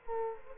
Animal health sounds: mosquito wingbeat signal from an infrared sensor; Culex quinquefasciatus

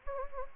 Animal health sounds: mosquito wingbeat signal from an infrared sensor; Anopheles gambiae

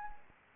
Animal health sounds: mosquito wingbeat signal from an infrared sensor; Anopheles arabiensis

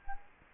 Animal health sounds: mosquito wingbeat signal from an infrared sensor; Culex quinquefasciatus

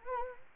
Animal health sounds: mosquito wingbeat signal from an infrared sensor; Anopheles arabiensis

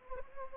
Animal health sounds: mosquito wingbeat signal from an infrared sensor; Anopheles arabiensis

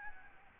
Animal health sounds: mosquito wingbeat signal from an infrared sensor; Aedes albopictus

